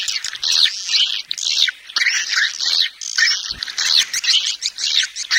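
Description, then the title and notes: Swiftlet calls in bursts: rasping, high chirps grouped into phrases about a second long, with brief gaps between them. Swiftlet farming sound from Asia. "Swiflet Bird Sound. Farming Swiflet Bird asia sound"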